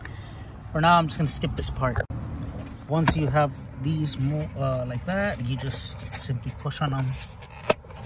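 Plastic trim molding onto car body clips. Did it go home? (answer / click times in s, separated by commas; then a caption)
yes / 7.7 s. Someone talks while fitting clips and pushing a plastic trim molding back onto a car body. A sharp click at 7.7 seconds marks the molding snapping back into place.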